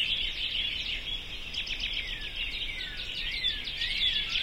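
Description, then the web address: Birds: bird chorus of bright high chirps, joined near the end by a few long, smooth whistles over the steady twittering. "sounds djk sounds birds 0645 040905"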